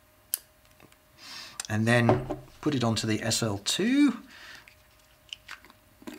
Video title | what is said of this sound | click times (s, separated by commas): Leica M-Adapter L for Leica SL2 and SL2-S | click it into place | 0.3 s